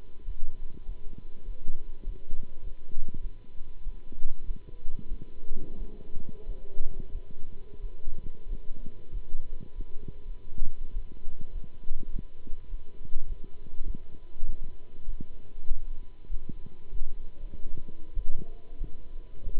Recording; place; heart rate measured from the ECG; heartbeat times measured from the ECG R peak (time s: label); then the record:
heart sounds by stethoscope; between the tricuspid and mitral areas; 97 bpm
0.24 s: heartbeat
0.84 s: heartbeat
1.44 s: heartbeat
2.03 s: heartbeat
2.61 s: heartbeat
3.20 s: heartbeat
3.82 s: heartbeat
4.44 s: heartbeat
5.07 s: heartbeat
5.76 s: heartbeat
6.45 s: heartbeat
7.11 s: heartbeat
7.80 s: heartbeat
8.47 s: heartbeat
9.11 s: heartbeat
9.74 s: heartbeat
10.24 s: heartbeat
10.92 s: heartbeat
11.52 s: heartbeat
12.10 s: heartbeat
12.68 s: heartbeat
13.26 s: heartbeat
13.84 s: heartbeat
14.44 s: heartbeat
15.04 s: heartbeat
15.67 s: heartbeat
16.28 s: heartbeat
16.91 s: heartbeat
17.39 s: heartbeat
18.13 s: heartbeat
18.77 s: heartbeat
19.42 s: heartbeat
From the record:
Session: Bruce protocol treadmill stress test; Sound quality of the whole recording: good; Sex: male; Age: 26 years